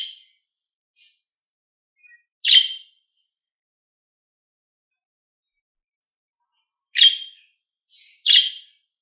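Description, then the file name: Lovebird giving scattered shrill, grating chirps with soft short notes, a long silent gap, then two more loud screeches. Described as a happy lovebird. "Morgh Eshgh Khoshhal"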